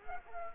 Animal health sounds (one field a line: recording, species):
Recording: mosquito wingbeat signal from an infrared sensor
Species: Culex quinquefasciatus